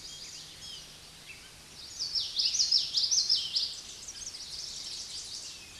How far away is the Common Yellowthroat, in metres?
about 15 m